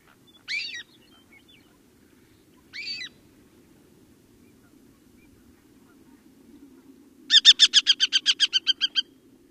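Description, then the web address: Northern harrier giving two short, high, slurred whistles, then a rapid run of harsh chattering kek notes. "Songs of Birds of North America Know Your Bird Sounds. Northern Harrier"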